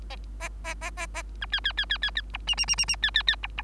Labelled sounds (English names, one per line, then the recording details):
Bengalese Finch song
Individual Bird3